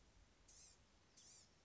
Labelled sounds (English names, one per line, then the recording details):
Blue-gray Gnatcatcher
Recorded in Sonoma County, California